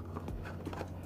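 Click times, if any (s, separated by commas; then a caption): none. A wired pin insert is held and lined up with the plastic housing of a 32 A industrial plug before being twisted clockwise, with only faint handling noise over a steady low hum. Nothing has seated or clicked yet.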